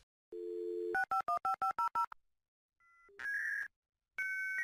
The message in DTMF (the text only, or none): 6515500